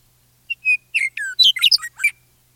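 Meadowlark song: two clear whistled notes, then a rapid jumble of gurgling, flutey and slurred notes, ending in a short whistle, with a faint low hum behind.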